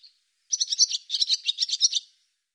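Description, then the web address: Barn swallow twittering call: a single rapid burst of high, scratchy chirps lasting about one and a half seconds, then silence. "cianscape birddata Deverinetal 2025"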